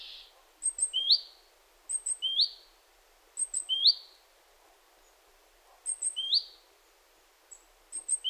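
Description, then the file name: Great tit giving repeated call phrases, high sharp notes leading into a lower buzzy note, several bursts a few seconds apart over light hiss. "Parus major"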